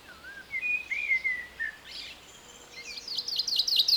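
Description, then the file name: Common chaffinch song: after some thin whistled notes, a rapid series of repeated sweeping notes builds loudly over the final second. "Fringilla coelebs"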